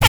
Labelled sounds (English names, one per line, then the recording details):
Zebra Finch tet call
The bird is a male
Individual mal1